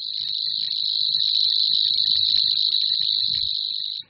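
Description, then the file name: Savi's warbler song: a continuous, high, insect-like buzzing reel held steady throughout, with faint low clicks beneath. "Cvrčilka-slavíková"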